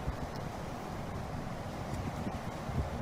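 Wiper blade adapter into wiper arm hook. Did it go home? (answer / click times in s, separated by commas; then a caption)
no / none. A new wiper blade adapter is lined up in the J-hook of the wiper arm on a 2010 Infiniti G37x, ready to be pulled up and snapped in. Only steady low rumble and wind-like noise are heard. Nothing has clicked or seated yet.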